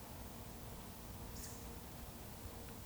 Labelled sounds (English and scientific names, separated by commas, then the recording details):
Eurasian Woodcock (Scolopax rusticola) whistle
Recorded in Baden-Württemberg, Germany, on 19 May 2020 at 19:58 UTC
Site 31917, 145 m above sea level